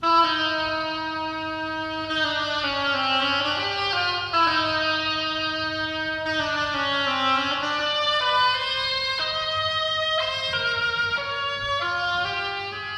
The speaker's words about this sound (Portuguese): Sônia, a pata, será representada por um instrumento chamado oboe e que soa assim.